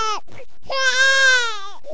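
A high-pitched infant cry: a short wail, a brief noisy inhaled gasp, then a long sustained wail of about one second with steady pitch that falls at the end. The pattern is ordinary infant crying.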